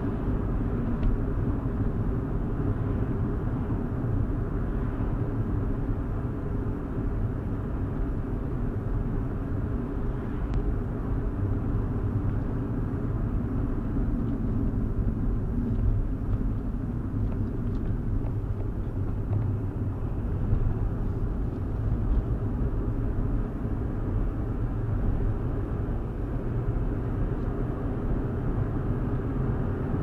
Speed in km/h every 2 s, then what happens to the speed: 69, 68, 68, 68, 66, 66, 61, 52, 48, 47, 55, 61, 66, 72, 76.
0-10 steady at about 68. 10-19 slows to 47. 19-30 speeds up to 76.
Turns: none.